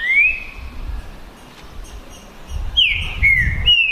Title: TRINCA Piando, Cantando E Macheando Na DISPUTA. ISSO SIM!! É UMA DISPUTA DE TRINCA FERRO PERFEITA!! NAVAL VS DEMOLIDOR 2022! TEMPORADA 2022!